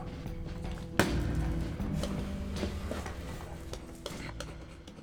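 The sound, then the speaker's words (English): A pencil scratches across the paper of a journal in short, uneven strokes, with a sharp tap early on and a steady low hum underneath. “I got out my journal and a pencil.”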